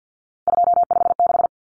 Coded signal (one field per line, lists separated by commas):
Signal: Morse code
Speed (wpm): 50 wpm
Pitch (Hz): 700 Hz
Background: none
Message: 256